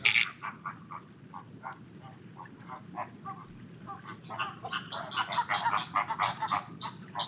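Flamingo calling, scattered nasal honks early on that swell into a busy, overlapping flock chorus in the second half.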